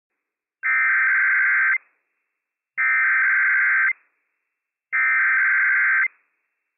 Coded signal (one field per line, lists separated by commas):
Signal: Emergency Alert System (SAME) tones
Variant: header bursts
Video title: When Franklin County EM Tests 4 Times a Day Early - WWF56 - EAS #301-304 - 11/23/22